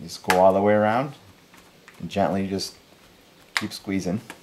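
A plastic screen bezel is being gently squeezed around the edge of a Toshiba Satellite L655-S5154 laptop display lid during a screen replacement. Someone talks throughout, and no distinct clicks stand out. Nothing has seated yet.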